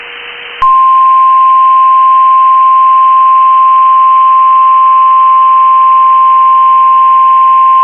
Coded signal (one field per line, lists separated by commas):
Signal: Emergency Alert System (SAME) tones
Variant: 1050 Hz attention tone